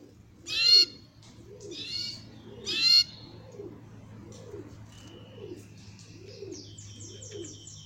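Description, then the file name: Belgian canary gives a few harsh, loud notes, then a faint thin trill, while a low soft cooing-like sound repeats steadily underneath. Copper-coloured Belgian canary singing. "canto do canario belga cobre"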